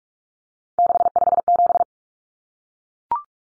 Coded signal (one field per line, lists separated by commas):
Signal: Morse code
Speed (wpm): 44 wpm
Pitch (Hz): 700 Hz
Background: none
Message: 657